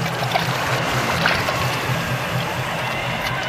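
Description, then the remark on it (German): Steady watery splashing and gurgling as a small boat is rowed with combined strength toward the Nautilus, with a low rumbling undertone and no voices, holding an even loudness throughout. “So schnell wie wir konnten, waren wir, Ned Land mit dem Wildschwein auf der Schulter, in unserem Boot und ruderten mit vereinten Kräften auf die Nautilus zu.”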